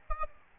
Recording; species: mosquito wingbeat signal from an infrared sensor; Aedes albopictus